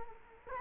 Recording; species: mosquito wingbeat signal from an infrared sensor; Culex quinquefasciatus